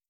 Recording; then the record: hydrophone in a shrimp aquaculture tank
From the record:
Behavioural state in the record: feeding